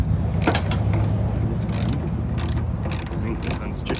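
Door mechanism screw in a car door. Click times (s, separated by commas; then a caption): 2.4 s, 2.5 s, 2.9 s, 3.5 s, 3.9 s, 4.0 s. A metal screw or bolt on a door mechanism in a car door is turned with a ratcheting tool. The ratchet clicks steadily, with sharp pawl clicks at 2.4, 2.5, 3.0, 3.5, 4.0 and 4.0 seconds. The fastener spins without tightening and is stripped, which could be why the door has a problem.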